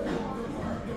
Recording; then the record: background sound without coughing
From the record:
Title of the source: 60 minutes of coffee shop sounds for study and concentration